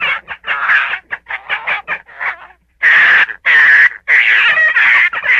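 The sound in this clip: Gray fox giving short choppy yips at first, then longer, harsher screaming calls after a brief silence.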